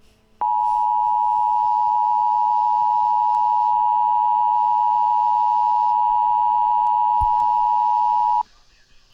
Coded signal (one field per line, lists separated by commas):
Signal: Emergency Alert System (SAME) tones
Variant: 853 and 960 Hz attention tone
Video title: WS4000 emulation with Commercials, EAS test for Indy 4-16-2016